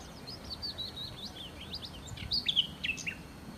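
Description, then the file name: Common nightingale: soft, varied bird song of quick high slurred notes, growing a little louder with several sharp notes towards the end. "Nachtigall"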